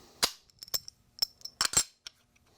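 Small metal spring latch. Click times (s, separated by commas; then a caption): 1.6 s. The spring plunger on the back of a tripod head's quick release receiver, for a RED Epic camera build, is pulled across and gives a series of sharp metallic clicks. It clicks into place at 1.6 s, and the tripod plate is seated.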